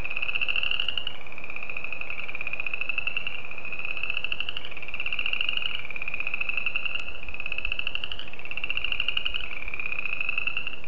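Spring peeper chorus, a shrill unbroken trill changing pitch in small steps about every second, one faint click midway.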